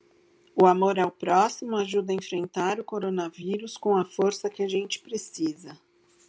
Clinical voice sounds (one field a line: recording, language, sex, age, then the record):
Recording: spoken sentence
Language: Brazilian Portuguese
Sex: female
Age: 50 to 59 years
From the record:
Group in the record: control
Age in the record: 53 years